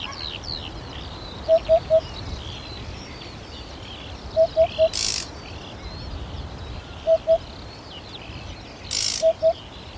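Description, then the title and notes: Eurasian Hoopoe calling low, hollow hoots in groups of three or two, repeated several times over thin background birdsong and brief bursts of noise. Courtship song. "Viikon luontoääni: Harjalintu. Juha Laaksonen"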